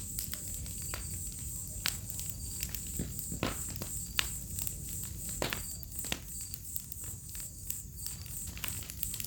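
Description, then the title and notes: Cricket chorus of continuous high shrill chirping, with frequent sharp snaps and pops of burning wood throughout. Cricket chorus on an autumn night beside a crackling bonfire, in a village in the middle of the Mata Atlântica rainforest. "Fogueira, grilos e estalar do fogo - Bonfire, crickets, firecrackling. Ouça ao estalar do fogo e uma sinfonia de grilos em uma noite de outono. Vila em meio a Mata Atlântica"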